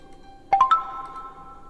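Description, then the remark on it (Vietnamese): A three-note notification chime rises quickly in pitch, each bright tone struck in quick succession, then blends into a smooth ringing tail that slowly fades. No voices accompany it. “Trong đầu của Bạch Phàm bỗng nhiên vang lên âm thanh của hệ thống.”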